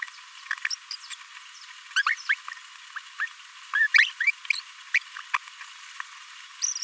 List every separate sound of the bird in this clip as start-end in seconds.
0.70-0.75, 0.93-0.96, 1.96-2.02, 2.06-2.15, 2.29-2.35, 3.20-3.26, 3.75-3.87, 3.98-4.06, 4.26-4.31, 4.50-4.52, 5.33-5.36, 6.62-6.73